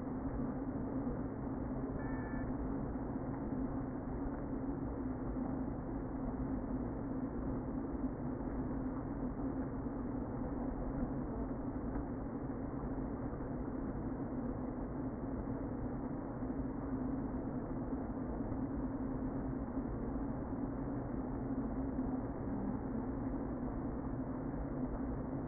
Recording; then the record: honeybee colony, microphone inside the hive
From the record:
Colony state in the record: queen present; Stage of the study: before two queens were removed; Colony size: about 60,000 bees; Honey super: yes